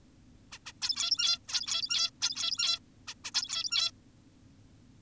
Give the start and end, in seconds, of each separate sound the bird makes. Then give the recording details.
0.52-0.59, 0.66-0.73, 0.82-1.39, 1.48-2.10, 2.22-2.79, 3.08-3.14, 3.24-3.31, 3.35-3.91. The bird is an adult. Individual g17y2U